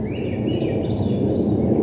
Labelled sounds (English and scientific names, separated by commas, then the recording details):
Swainson's Thrush (Catharus ustulatus)
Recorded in Sonoma County, California